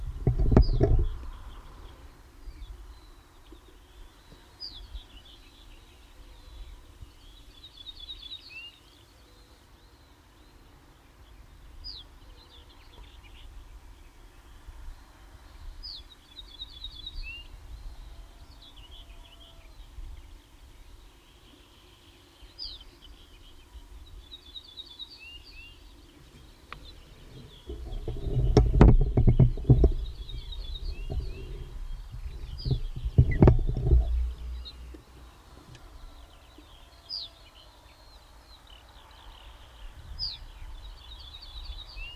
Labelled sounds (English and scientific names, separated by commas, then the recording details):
Ortolan Bunting (Emberiza hortulana)
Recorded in the wild
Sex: male
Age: adult
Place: Walsrode, Lüneburger Heide, Niedersachsen, DE
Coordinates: 52.8667, 9.58333
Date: 1970-05-24
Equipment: Uher 4000 Report-S, Bändchenmikro Beyer M 260, Parabolspiegel Polyester (470 mm)
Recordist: Conrads, Klaus